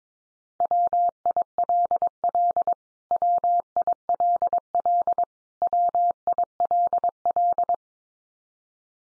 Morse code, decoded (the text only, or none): WILL WILL WILL